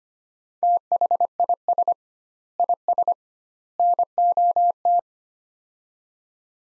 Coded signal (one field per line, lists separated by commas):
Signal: Morse code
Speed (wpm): 25 wpm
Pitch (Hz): 700 Hz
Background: none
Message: THIS IS NOT